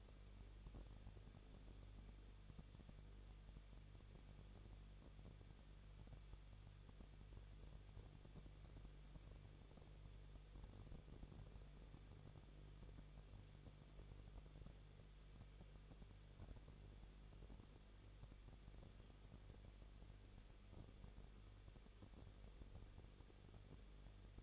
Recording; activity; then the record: daily activity, microphone in the room; no activity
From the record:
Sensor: 4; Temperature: 23.1 degrees Celsius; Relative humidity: 34.0%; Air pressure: 1007.2 hPa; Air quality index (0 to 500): 216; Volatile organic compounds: 15 ppm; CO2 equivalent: 2499 ppm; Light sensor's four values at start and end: 2/3/1/1 and 2/3/1/1